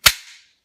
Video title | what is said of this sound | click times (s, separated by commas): 2003-2006 Ford Expedition Window Switch Replacement | squeeze evenly and they'll pop in just like that all four of them not a problem | 0.1 s